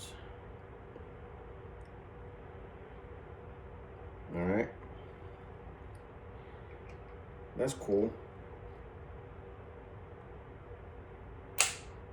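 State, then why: Torque reached. A Quinn torque screwdriver from a 22-piece set drives a screw into wood while someone talks over a steady low hum. At 11.6 s the clutch gives one sharp, bright click, confirming it has reached its 15 foot-pound setting.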